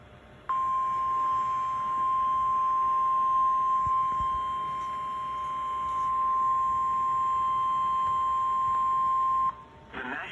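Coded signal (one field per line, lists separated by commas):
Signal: Emergency Alert System (SAME) tones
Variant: 1050 Hz attention tone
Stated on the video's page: Severe thunderstorm warnings received on an iRonsnow IS-399 NOAA Weather Radio.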